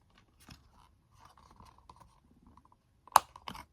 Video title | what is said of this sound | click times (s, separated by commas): Graduation Party Favor Ideas Part 3 - Grad Box #partyfavors #graduation #graduationcap #gradparty | and as you can hear it it did snap | 3.2 s